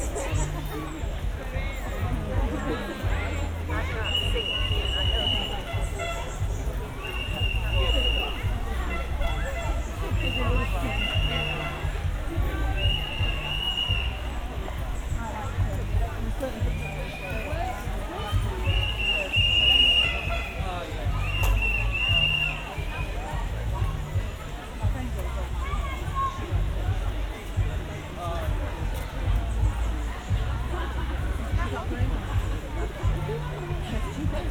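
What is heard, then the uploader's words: A quieter stretch of a pride march: a steady murmur of crowd voices and chatter fills the street, over a low outdoor rumble. Between about five and twenty-three seconds, short high whistle-like tones sound in quick repeated bursts. Pride March (Quiet Part). Part of the Sound Map Of Harrogate.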